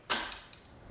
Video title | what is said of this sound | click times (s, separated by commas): EasyStand Bantam Changing Positions (older units before the controller) | That means the plunger is engaged in the hole, and now we're in sit to stand again. | 0.1 s